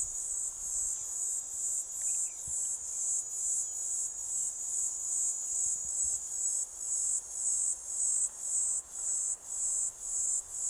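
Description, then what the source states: Cicada (Platypleura divisa): cicada song, an intense high buzz pulsed at around two beats a second, the pulses growing sharper toward the end. Recorded 13 December, just past Piet Retief.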